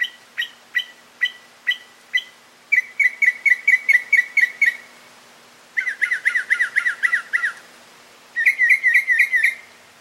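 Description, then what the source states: Mockingbird song of sharp single chips, then quick rolling trills and fast warbled runs, each pattern repeated several times before changing. Male.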